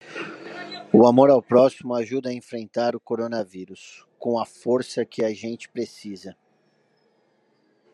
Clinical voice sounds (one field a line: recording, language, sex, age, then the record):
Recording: spoken sentence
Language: Brazilian Portuguese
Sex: male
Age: 30 to 39 years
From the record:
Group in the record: control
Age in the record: 39 years